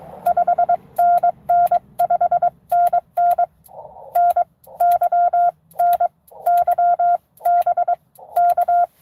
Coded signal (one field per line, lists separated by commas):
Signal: Morse code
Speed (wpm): 22 wpm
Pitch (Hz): 700 Hz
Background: none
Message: 5NN 5NN NY NY BK